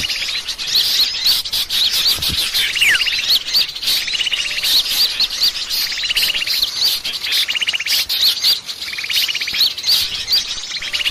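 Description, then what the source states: Bird calls, repeated short buzzy rattles over a constant high twittering chorus. Lure call (pikat) of a thousand birds.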